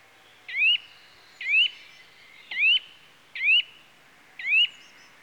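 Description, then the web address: Eurasian nuthatch producing clear ascending whistled notes, five evenly spaced calls about one second apart over a quiet background. "The BBC Sound Effects Library - Complete 60 CDs Collection. Nuthatch (Sitta Europaea) Calls"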